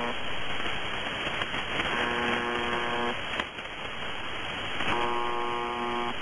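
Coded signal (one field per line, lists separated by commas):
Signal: channel marker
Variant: UVB-76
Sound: two harsh low buzzes, each about a second long, repeating over steady static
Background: radio static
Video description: MDZhB buzzing like it always fucking does.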